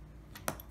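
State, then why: Seated. During a screen replacement on a Samsung Galaxy S8 Plus, the headphone jack part is pressed down into the phone frame. A faint tick comes first, then a single sharp, bright click at 0.5 s as the part seats in place.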